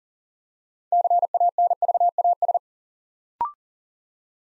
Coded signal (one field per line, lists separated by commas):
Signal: Morse code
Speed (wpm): 39 wpm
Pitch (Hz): 700 Hz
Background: none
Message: CANVAS